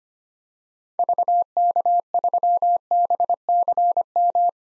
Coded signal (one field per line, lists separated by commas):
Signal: Morse code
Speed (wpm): 25 wpm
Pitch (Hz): 700 Hz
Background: none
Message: VK3BCM